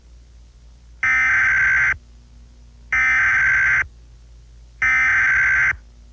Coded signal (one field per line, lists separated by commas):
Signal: Emergency Alert System (SAME) tones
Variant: header bursts